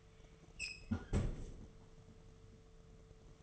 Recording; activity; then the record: daily activity, microphone in the room; close fridge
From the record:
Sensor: 4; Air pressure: 1015.9 hPa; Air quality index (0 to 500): 189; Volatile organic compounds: 9 ppm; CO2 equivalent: 2179 ppm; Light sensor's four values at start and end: 9/21/8/8 and 11/24/10/10